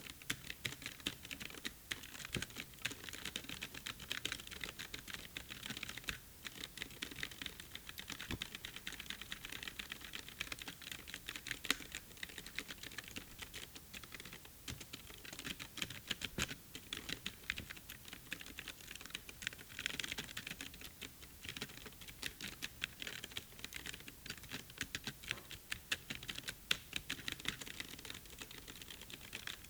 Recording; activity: daily activity, guitar pickup as the sensor; type